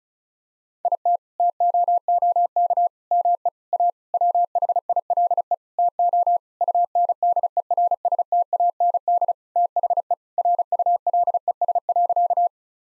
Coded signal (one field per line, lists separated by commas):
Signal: Morse code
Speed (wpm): 36 wpm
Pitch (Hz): 700 Hz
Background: none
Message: IT TOOK ME A WHILE TO UNDERSTAND THE RULES.